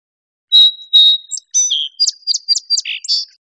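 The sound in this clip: Song sparrow song, one full phrase: two or three clear introductory whistles, a quick run of sharp repeated chips, then a buzzy jumbled ending; no other sounds.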